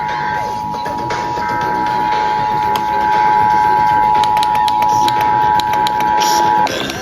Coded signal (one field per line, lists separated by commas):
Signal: Emergency Alert System (SAME) tones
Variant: 853 and 960 Hz attention tone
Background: speech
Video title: EAS- End of September Tests: EAS Tests on (9/24/25)